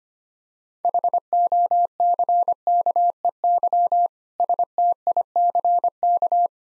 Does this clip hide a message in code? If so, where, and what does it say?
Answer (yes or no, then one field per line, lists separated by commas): yes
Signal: Morse code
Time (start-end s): 0.8-6.5 s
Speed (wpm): 25 wpm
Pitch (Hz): 700 Hz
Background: none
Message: HOCKEY STICK